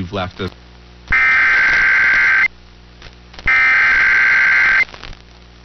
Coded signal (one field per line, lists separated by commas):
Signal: Emergency Alert System (SAME) tones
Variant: header bursts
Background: speech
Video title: I hear Virginia and New York want some more... | EAS Alerts from 7/18/2022 (EAS #1436-1457)